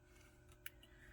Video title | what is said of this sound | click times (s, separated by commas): 3D Tinkerbell Crystal Puzzle | uh for me i heard a little click you might not but you're just gonna wanna make sure that they are in uh firmly | 0.7 s